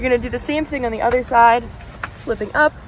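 Someone talks while the second side of a folding lacrosse backstop net frame is being flipped upright, so its metal pivot bracket can be pushed down into its locking position on the backstop. Only the voice is heard, with no distinct clicks or impacts. The bracket is being handled but has not locked yet; nothing has seated or clicked.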